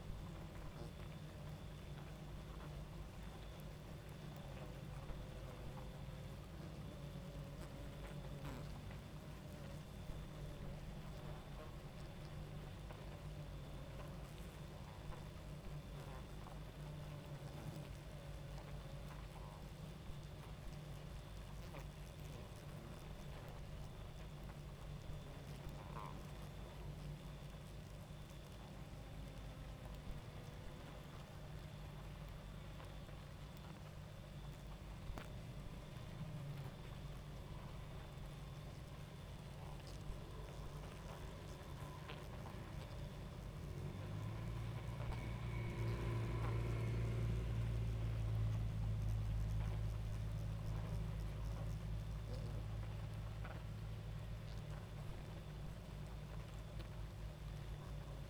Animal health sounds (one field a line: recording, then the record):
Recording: honeybee colony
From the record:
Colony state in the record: active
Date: 28 July 2017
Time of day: 23:11